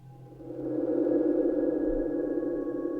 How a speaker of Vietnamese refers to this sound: Trong không khí vang lên tiếng chuông đinh đinh đang đang. Tiếng chuông nghe rất giòn tai. Thế nhưng lão đạo sĩ vừa nghe tiếng chuông này thì sắc mặt biến đổi.